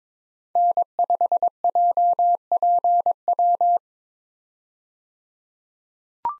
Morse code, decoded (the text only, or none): N5JPW